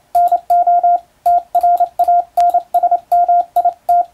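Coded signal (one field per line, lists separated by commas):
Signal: Morse code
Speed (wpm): 28 wpm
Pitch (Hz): 700 Hz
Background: radio noise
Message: NO TRANSMIT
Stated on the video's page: Morse code sent with an electronic keyer, in-the-clear telegram sending practice.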